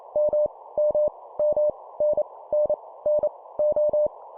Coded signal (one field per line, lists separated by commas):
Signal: Morse code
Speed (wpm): 28 wpm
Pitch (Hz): 600 Hz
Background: none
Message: M M M N N N O